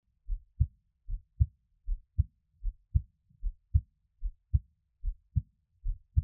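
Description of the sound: An adult's own heartbeat, offered as Taiwanese ASMR with no talking: steady paired lub-dub heart sounds at about 75 beats per minute, low and muffled in a quiet setting.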